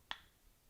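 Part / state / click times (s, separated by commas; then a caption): metal canning lid on glass jar / not seated / none. Someone presses the raised centre bubble of a metal canning lid on a glass jar, and a single sharp, bright pop sounds at 0.1 s before fading into quiet. The pop happens because the lid has not sealed; nothing has seated or clicked yet.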